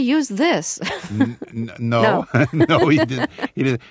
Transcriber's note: soundbite of laughter